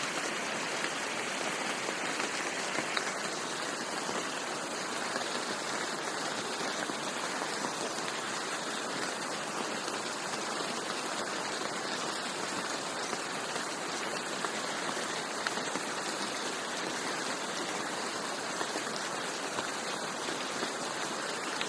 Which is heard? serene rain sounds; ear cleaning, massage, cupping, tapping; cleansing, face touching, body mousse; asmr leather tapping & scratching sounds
serene rain sounds